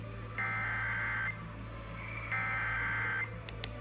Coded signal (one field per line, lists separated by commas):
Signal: Emergency Alert System (SAME) tones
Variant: header bursts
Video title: EAS Catches #163-164 - Cinco de Mayo SLO Co. RMT